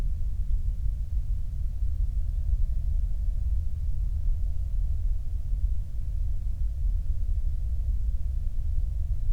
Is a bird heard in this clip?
no